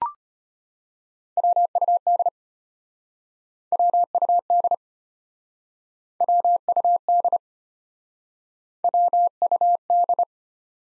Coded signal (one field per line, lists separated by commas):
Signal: Morse code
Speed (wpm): 33 wpm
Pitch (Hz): 700 Hz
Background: none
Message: WUD WUD WUD WUD